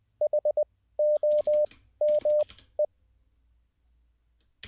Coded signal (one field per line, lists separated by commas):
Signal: Morse code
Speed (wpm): 20 wpm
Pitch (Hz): 600 Hz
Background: none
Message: HOME